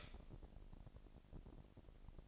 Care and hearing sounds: daily activity, microphone in the room; stop toaster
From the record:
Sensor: 5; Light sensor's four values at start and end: 26/60/24/25 and 26/59/24/25

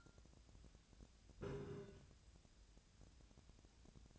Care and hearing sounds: daily activity, microphone in the room; take from stove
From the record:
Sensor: 2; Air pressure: 1009.8 hPa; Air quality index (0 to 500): 180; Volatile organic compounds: 10 ppm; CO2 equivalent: 2255 ppm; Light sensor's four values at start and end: 32/78/34/38 and 32/78/34/37

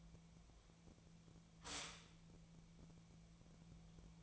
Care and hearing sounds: daily activity, microphone in the room; stop toaster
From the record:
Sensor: 1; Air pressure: 1000.3 hPa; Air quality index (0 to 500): 156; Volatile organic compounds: 3 ppm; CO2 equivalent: 1456 ppm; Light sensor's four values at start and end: 29/73/31/36 and 29/73/31/36

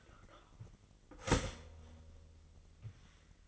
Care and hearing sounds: daily activity, microphone in the room; start toaster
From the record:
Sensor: 4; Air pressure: 1002.9 hPa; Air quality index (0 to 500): 239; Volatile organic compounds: 17 ppm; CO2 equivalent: 2596 ppm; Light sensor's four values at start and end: 22/75/27/28 and 18/62/23/22

